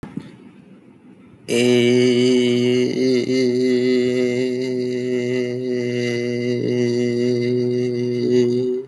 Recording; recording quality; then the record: sustained vowel as in made; moderate, slight background noise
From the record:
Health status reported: healthy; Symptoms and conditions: none ticked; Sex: male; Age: 25 years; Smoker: not ticked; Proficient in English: yes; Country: India